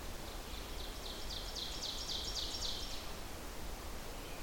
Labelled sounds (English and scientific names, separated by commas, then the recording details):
Ovenbird (Seiurus aurocapilla) song
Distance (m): 65 m
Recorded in boreal forest in Alberta, Canada, on 14 June 2016 at 08:25
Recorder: SongMeter 3, array SBT-3-33
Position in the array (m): 105 m, 136 m
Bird 21